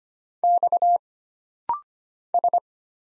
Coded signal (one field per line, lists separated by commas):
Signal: Morse code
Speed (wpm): 25 wpm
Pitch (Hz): 700 Hz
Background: none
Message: X S